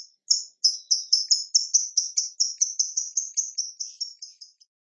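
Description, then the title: Bird song: a fast series of many high, sharp chirped notes over about four seconds. Training recording for cage birds, featuring a bird in top singing form with the rapid 'tembakan' (burst) song style. "Masteran Burung Tembakan Gacor"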